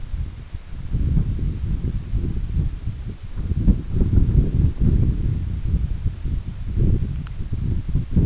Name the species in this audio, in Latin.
none